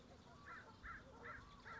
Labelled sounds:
American Crow (Corvus brachyrhynchos)
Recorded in Sonoma County, California

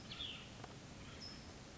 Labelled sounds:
Cassin's Vireo (Vireo cassinii)
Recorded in Sonoma County, California

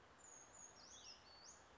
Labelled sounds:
Western Flycatcher (Empidonax difficilis)
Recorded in Sonoma County, California

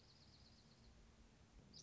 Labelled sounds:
Dark-eyed Junco (Junco hyemalis)
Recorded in Sonoma County, California

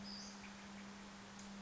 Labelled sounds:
Western Flycatcher (Empidonax difficilis)
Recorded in Sonoma County, California

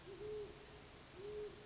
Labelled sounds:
Great Horned Owl (Bubo virginianus)
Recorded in Sonoma County, California

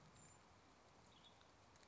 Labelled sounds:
Western Tanager (Piranga ludoviciana)
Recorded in Sonoma County, California

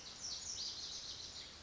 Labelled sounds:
Lazuli Bunting (Passerina amoena)
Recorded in Sonoma County, California

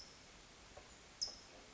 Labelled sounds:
California Towhee (Melozone crissalis)
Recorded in Sonoma County, California

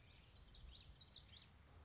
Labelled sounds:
Common Yellowthroat (Geothlypis trichas)
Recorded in Sonoma County, California

